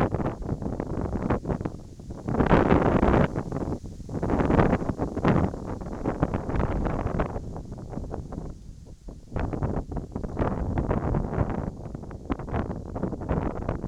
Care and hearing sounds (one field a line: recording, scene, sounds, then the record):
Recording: everyday scene through a hearing-aid microphone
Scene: wind on the microphone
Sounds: wind, whistling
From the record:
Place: in front of a rural house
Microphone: in the ear canal, right